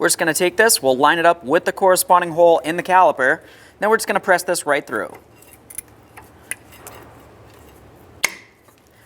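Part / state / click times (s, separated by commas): inner brake pad clip into brake caliper piston / seated / 8.2 s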